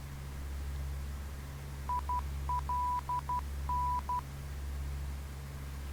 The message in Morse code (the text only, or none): ILN